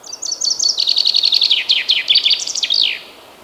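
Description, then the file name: Common chaffinch song phrase, sharp repeated notes running into a falling trill and ending with a twisting flourish. "Fringilla coelebs"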